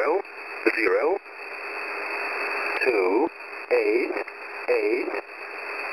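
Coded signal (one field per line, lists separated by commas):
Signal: numbers station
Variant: E07 English Man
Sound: about four short spoken words, evenly spaced, over steady shortwave hiss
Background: radio static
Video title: E07 English Man 12/08/2023 1410/1430 UTC 13519/14819kHz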